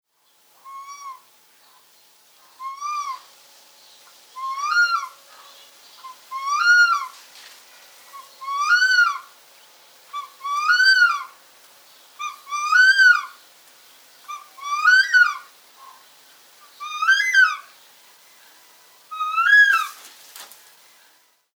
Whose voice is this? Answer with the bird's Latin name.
Harpia harpyja